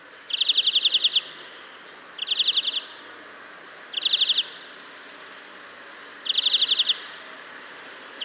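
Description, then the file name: European greenfinch calls: bright fast chattering trills, each under a second, repeated several times about two seconds apart, with a steady hiss behind. "Chloris chloris"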